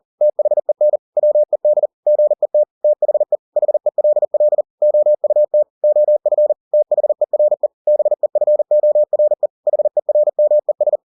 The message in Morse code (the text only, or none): THEN WED GET THE HELL OUT OF THERE BEFORE HERMES